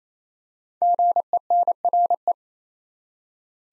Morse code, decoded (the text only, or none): GENRE